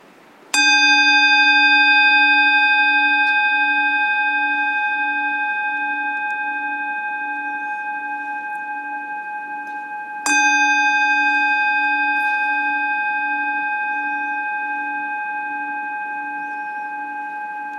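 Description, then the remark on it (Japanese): A meditation bell is struck twice during a seated guided meditation, about ten seconds apart, each strike producing a bright, sustained ringing tone with shimmering overtones and a slow, steady decay. No one speaks. “で鐘を鳴らしますので、鐘の音に集中してください。”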